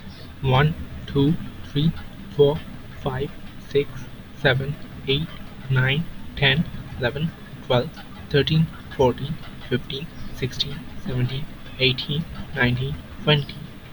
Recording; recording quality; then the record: counting at a normal pace; excellent, no background noise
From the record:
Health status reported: healthy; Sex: male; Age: 24 years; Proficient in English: yes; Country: India